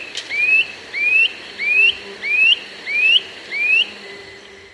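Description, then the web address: Gray Antwren song: a series of clear rising whistled notes, about six in under five seconds, each sweeping upward, repeated steadily. South America. "Natures Songs S America Gray Antwren"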